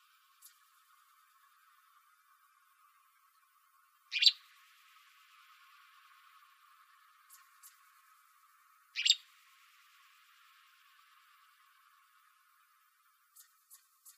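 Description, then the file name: Gray flycatcher giving sharp, short call notes about five seconds apart, two loud ones with a few faint clicks between them, otherwise quiet. Recorded in Arizona on 15 May 2006. "GRFL 2 deviche"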